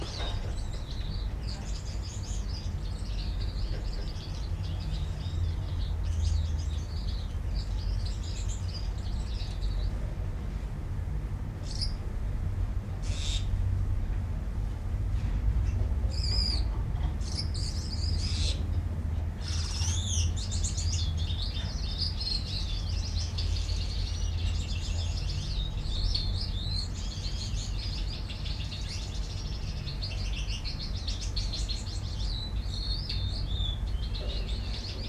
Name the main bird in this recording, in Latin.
Fringilla coelebs